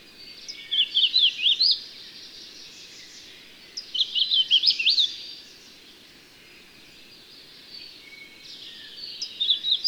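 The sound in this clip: Bird song in brief high phrases of quick up-and-down chirps, about a second each, coming every few seconds over constant background hiss.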